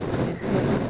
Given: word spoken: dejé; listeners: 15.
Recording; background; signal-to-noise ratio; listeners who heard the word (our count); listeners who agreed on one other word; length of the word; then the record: one Spanish word in noise, from a listening test; noise modulated by three-talker babble; -5.5 dB; 2 of 15; 8 of 15; 0.51 s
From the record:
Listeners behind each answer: 8, 2, 1, 1, 1, 1, 1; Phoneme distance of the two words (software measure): 17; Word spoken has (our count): 2 syllables, 4 phonemes, stress on syllable 2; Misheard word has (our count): 2 syllables, 5 phonemes, stress on syllable 2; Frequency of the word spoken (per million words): 15.31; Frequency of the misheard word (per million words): 2.59